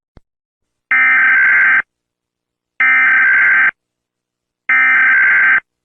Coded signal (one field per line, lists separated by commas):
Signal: Emergency Alert System (SAME) tones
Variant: header bursts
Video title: Mellonween VALID EAS TONES